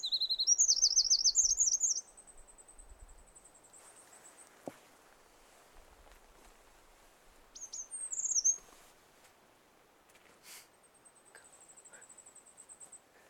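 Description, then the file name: Eurasian wren song: a rapid, piercing trill in the opening two seconds, a brief high phrase later, and thin, steady, very high ticking series after each. "Troglodytes troglodytes"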